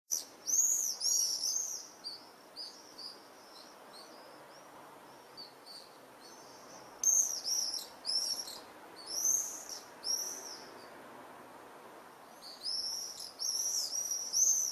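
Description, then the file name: Common swift screaming calls, shrill high-pitched trilled screams in bursts of several overlapping birds, with quiet gaps between flurries. "Mauersegler"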